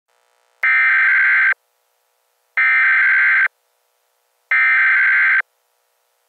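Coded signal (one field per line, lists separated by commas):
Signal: Emergency Alert System (SAME) tones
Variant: header bursts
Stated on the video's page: EAS warning sound clip used in a game trailer.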